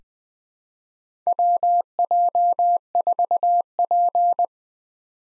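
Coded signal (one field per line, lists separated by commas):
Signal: Morse code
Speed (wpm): 20 wpm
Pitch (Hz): 700 Hz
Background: none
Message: WJ4P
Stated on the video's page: Farnsworth-timed head-copy drill of US four-character call signs at 20 wpm, with 4x character spacing.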